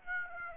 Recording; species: mosquito wingbeat signal from an infrared sensor; Aedes aegypti